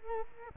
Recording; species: mosquito wingbeat signal from an infrared sensor; Culex quinquefasciatus